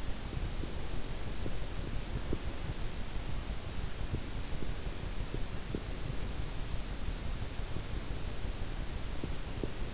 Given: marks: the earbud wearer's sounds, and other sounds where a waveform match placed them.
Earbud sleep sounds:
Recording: sounds in sleep by an in-ear microphone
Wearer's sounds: teeth grinding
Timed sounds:
0.31-2.51 s: teeth grinding
4.06-5.97 s: teeth grinding
7.42-9.94 s: teeth grinding

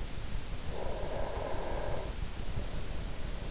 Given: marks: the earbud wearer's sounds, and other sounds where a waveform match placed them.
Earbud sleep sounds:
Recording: sounds in sleep by an in-ear microphone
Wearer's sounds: breath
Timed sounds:
0.43-3.28 s: breath

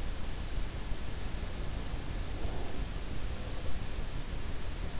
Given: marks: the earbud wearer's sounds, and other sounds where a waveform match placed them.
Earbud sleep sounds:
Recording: sounds in sleep by an in-ear microphone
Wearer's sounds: breath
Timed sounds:
1.90-3.64 s: breath

